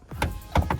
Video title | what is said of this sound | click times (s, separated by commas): Installing Rear and Front speakers on EM1! 2000 Honda Civic Ex | then once you pop it up you should be able to hear it like a little click when it pops up but | 0.2 s, 0.6 s, 0.7 s